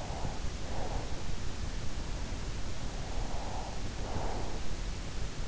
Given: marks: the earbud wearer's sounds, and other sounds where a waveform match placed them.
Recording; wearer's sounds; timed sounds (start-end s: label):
sounds in sleep by an in-ear microphone; breath
0.00-1.55 s: breath
2.65-5.04 s: breath